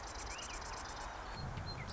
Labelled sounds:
Marsh Wren (Cistothorus palustris)
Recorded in Sonoma County, California

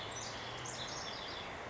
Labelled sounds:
House Wren (Troglodytes aedon)
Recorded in Sonoma County, California

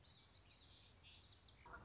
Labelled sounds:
Common Yellowthroat (Geothlypis trichas)
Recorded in Sonoma County, California

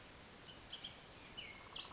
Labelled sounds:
Bullock's Oriole (Icterus bullockii)
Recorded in Sonoma County, California

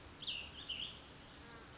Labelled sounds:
Cassin's Vireo (Vireo cassinii)
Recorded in Sonoma County, California

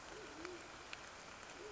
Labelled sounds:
Band-tailed Pigeon (Patagioenas fasciata)
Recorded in Sonoma County, California

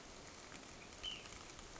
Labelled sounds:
Ash-throated Flycatcher (Myiarchus cinerascens)
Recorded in Sonoma County, California

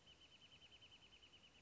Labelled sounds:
Wrentit (Chamaea fasciata)
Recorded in Sonoma County, California

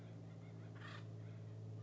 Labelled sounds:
Acorn Woodpecker (Melanerpes formicivorus)
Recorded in Sonoma County, California

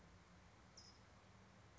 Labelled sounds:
California Towhee (Melozone crissalis)
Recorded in Sonoma County, California

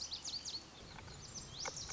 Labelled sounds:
Lazuli Bunting (Passerina amoena)
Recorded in Sonoma County, California

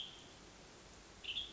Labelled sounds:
Western Tanager (Piranga ludoviciana)
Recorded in Sonoma County, California

